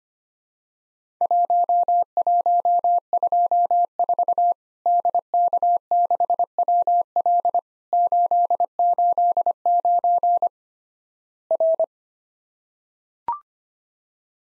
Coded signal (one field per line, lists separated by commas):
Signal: Morse code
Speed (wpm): 25 wpm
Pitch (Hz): 700 Hz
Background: none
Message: 1124 DK6WL 889 R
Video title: Worked All Europe DX Contest QTC Exchange 25wpm